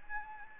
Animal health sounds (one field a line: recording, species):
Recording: mosquito wingbeat signal from an infrared sensor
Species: Anopheles gambiae